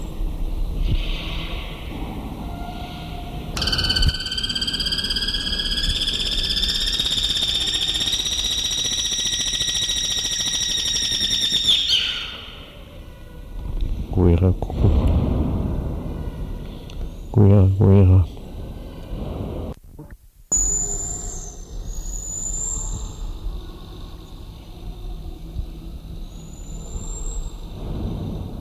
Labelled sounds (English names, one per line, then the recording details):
Common Marmoset call
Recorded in captivity
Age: adult
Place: Zoo Berlin, Berlin, DE
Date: 1996-01-06 13:22
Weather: bedeckt, -4°C
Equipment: Sony WM-D6C, Sennheiser ME 80, Kopie Uher 4000 Report Monitor
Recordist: Tembrock, Günter